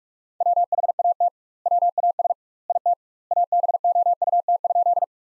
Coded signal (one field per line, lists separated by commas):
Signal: Morse code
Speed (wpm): 46 wpm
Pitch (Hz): 700 Hz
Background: none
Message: WHAT WAS IT ABOUT?